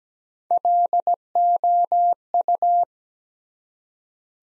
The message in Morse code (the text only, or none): LOU